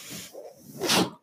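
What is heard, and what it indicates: A soft airy hiss builds to a louder rushing burst near the one-second mark, then fades quickly: the airflow noise of a home mechanical ventilator pushing a breath.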